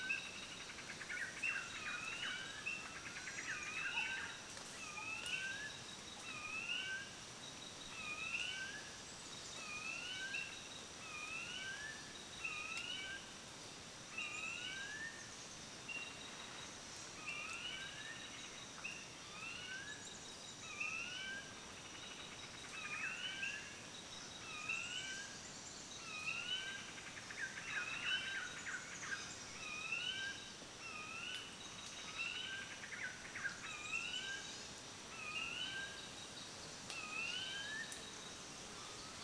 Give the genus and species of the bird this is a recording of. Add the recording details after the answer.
Baeopogon indicator. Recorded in Kibale, Uganda